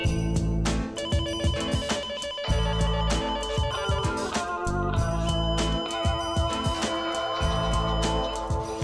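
A doorbell rings with a loud, bright electronic chime, its melodic tone repeating continuously for several seconds over a steady low hum, with no voices.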